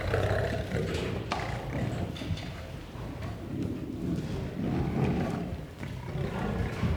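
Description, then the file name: Lion producing a steady run of very deep, rumbling growls with a rough, pulsing texture that rises and falls without a clear break. Growling and roaring. "Het grommen en brullen van een leeuw - Beeld en Geluid"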